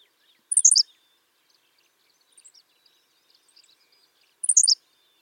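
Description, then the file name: Henslow's sparrow singing its tiny high clipped phrase twice, about four seconds apart, with faint high bird chirps in the background. "Ammodramus henslowii - Henslow's Sparrow"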